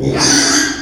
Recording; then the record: squeal of a Yucatan mini pig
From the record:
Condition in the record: after surgery on the right vocal fold (resection and tissue-engineered implant); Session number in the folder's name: 3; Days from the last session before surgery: 33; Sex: male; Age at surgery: 12 weeks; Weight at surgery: 13 kg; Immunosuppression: cyclosporine, prednisolone